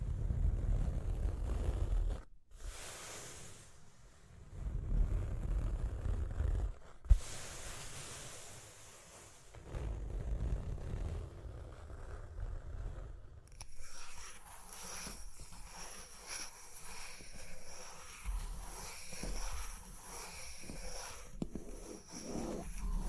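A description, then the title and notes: Scratching and tapping against a rough, rumbling wash that dominates the first half, broken by brief dropouts near 2 and 7 seconds. From about 13 seconds the rumble thins into a dry, brittle scratching with scattered light taps and a faint steady high whine. Tapping and Scratching (No Talking).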